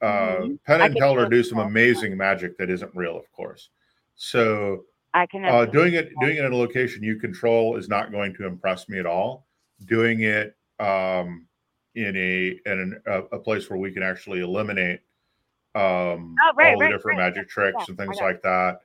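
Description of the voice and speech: An adult man talks fluently about magic tricks and controlled testing, with ordinary pauses and fillers.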